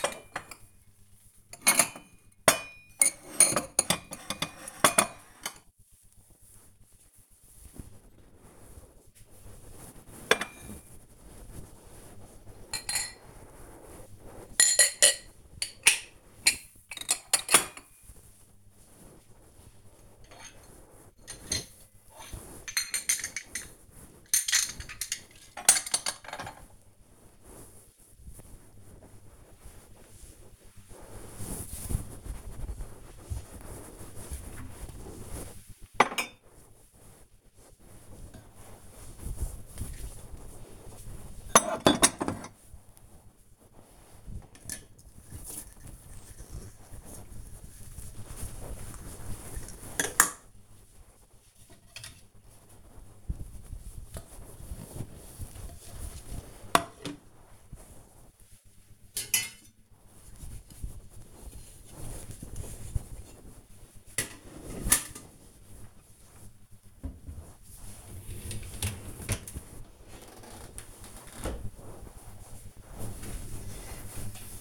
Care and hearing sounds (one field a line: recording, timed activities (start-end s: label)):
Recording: household activities, microphone on the right wrist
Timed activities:
0.00-70.50 s: cleaning out the dishwasher